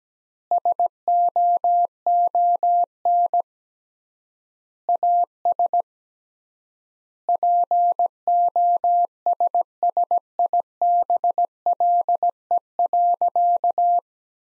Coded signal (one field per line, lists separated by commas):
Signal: Morse code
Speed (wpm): 17 wpm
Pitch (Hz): 700 Hz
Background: none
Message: SOON AS POSSIBLE.